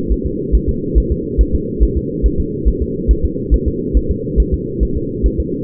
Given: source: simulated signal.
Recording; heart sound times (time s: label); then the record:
fetal heart sounds
0.12 s: S1
0.26 s: S2
0.55 s: S1
0.69 s: S2
0.98 s: S1
1.12 s: S2
1.41 s: S1
1.55 s: S2
1.83 s: S1
1.97 s: S2
2.26 s: S1
2.40 s: S2
2.68 s: S1
2.82 s: S2
3.11 s: S1
3.25 s: S2
3.54 s: S1
3.68 s: S2
3.97 s: S1
4.11 s: S2
4.40 s: S1
4.54 s: S2
4.83 s: S1
4.97 s: S2
5.26 s: S1
5.40 s: S2
From the record:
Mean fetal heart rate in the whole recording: 140 bpm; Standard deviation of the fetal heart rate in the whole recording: 2 bpm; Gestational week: 34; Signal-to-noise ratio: -6.6 dB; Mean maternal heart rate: 72 bpm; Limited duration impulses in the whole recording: present